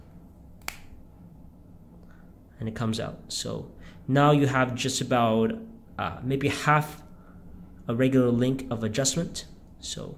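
Pushing down on the micro-adjustment extension in the steel bracelet clasp of a Parnis Daytona Ceramic watch, a Rolex Daytona 116500LN homage, gives a single sharp click at 0.7 s as it pops open and comes out, releasing the extension. Someone then talks.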